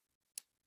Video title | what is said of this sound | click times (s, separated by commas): [주식회사 팀보] 2026년 강사교육 | 이렇게 딸깍 소리를 꼭 들려 주셔야 되세요. | 0.4 s